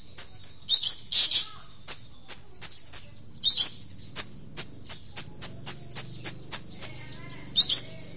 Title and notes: Kicau Burung Cendet Juara. Audio Kicauan Burung Cendet Juara Terlengkap